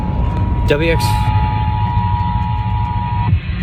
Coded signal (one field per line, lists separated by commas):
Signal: Emergency Alert System (SAME) tones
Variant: 853 and 960 Hz attention tone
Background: speech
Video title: MA Statewide Amber Alert on WXLO (EAS #258) READ DESC.